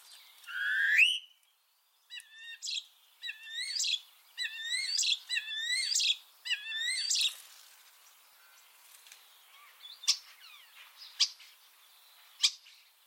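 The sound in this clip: Eurasian starling calls: a rising whistled note, then a run of short repeated chirps with slurred inflections, ending in scattered sharp clicks and ticks.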